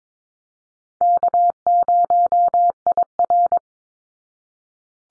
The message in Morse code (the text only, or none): K0IR